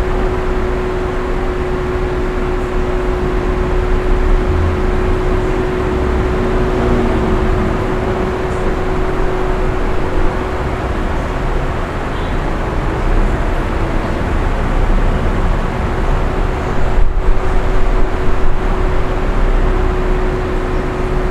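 A fan hums steadily in a hotel room, a dense, even whoosh weighted toward the low end. A thin constant tone rides through the whole stretch, and a brief soft dropout near the seventeen-second mark barely interrupts the unchanging drone.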